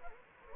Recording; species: mosquito wingbeat signal from an infrared sensor; Anopheles gambiae